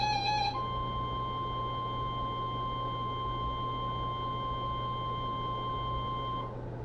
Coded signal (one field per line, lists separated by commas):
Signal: Emergency Alert System (SAME) tones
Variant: 1050 Hz attention tone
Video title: The Overperforming Marginal Risk... | EAS #414-433 (Severe Weather Alerts from 4/19-20/2024)